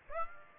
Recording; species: mosquito wingbeat signal from an infrared sensor; Aedes aegypti